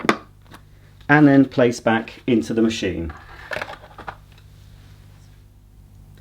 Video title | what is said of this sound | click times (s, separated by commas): Miele TriFlex HX1 Cat & Dog Vacuum Cleaner Demonstration & Review | close the bottom until it clicks | 0.1 s